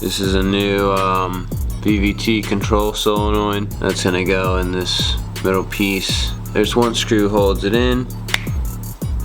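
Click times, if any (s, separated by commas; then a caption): 8.3 s. Someone talks over background music while a new PVT control solenoid, held in by one screw, is pressed into the metal-and-plastic middle piece of the engine housing. A sharp, loud snap at 8.3 s marks the solenoid seating in its housing, followed by a few softer knocks before the end.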